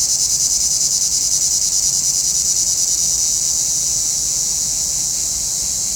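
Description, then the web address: Cicada buzz, a shrill continuous sound throbbing rhythmically around three beats per second, easing slightly in loudness toward the end. "Nature Sounds – Nature Chill Out 2014. Sounds from a Rnewood Cicadas"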